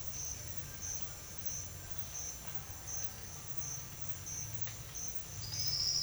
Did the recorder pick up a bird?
no